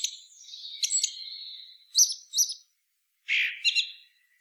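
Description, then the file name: Common blackbird: a thin, high, drawn-out note broken by sharp clicking chips, then two short bright bursts and a final squeaky phrase. "Turdus merula"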